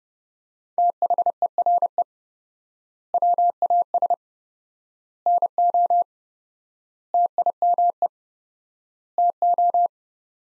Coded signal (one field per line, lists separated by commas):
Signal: Morse code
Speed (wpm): 30 wpm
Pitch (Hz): 700 Hz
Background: none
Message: THERE WAS NO TIME TO